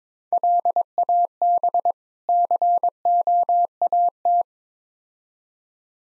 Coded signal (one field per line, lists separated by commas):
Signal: Morse code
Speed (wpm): 21 wpm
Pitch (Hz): 700 Hz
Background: none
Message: LAB COAT